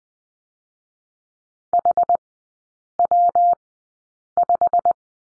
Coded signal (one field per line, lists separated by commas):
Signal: Morse code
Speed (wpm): 20 wpm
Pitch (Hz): 700 Hz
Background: none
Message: HW5